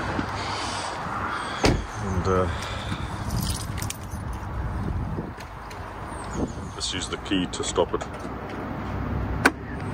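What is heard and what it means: A public charger cable connector sits in an electric car's charge port, and someone talks while stopping the charging session with the key fob. Keys jangle, and a sharp click at 9.5 seconds marks the connector latch releasing, showing charging has finished and the plug can come out.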